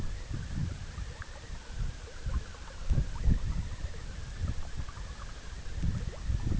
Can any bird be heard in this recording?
no